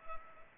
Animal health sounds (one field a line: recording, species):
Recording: mosquito wingbeat signal from an infrared sensor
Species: Culex pipiens